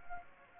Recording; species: mosquito wingbeat signal from an infrared sensor; Anopheles gambiae